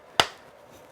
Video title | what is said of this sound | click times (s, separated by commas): DJI S1000 Build by AerialMediaPros.com | Yeah, so you want to hear that little snap. That sounds like they're secure. | 0.2 s